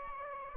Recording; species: mosquito wingbeat signal from an infrared sensor; Aedes aegypti